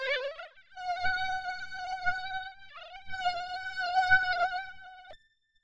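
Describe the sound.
Mosquito whine, a sustained nasal hum with short breaks near the start and the middle, resuming at the same pitch before stopping abruptly.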